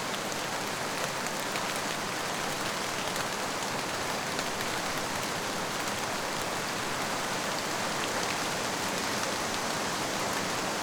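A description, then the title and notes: A rainstorm hisses outside, steady and dense from start to finish with no pauses or swells. The sound is bright and full, made of countless close drops blending into an even wash, with faint individual taps scattered throughout. Rainstorm Outside White Noise.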